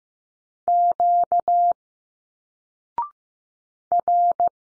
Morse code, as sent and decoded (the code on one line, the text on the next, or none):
--.- / .-.
Q R